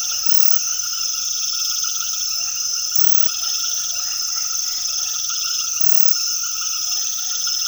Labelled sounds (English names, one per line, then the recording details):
none
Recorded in secondary vegetation near Puerto Asís, Putumayo, Colombia, on 18 February 2024 at 21:00
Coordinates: 0.500, -76.326
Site G6428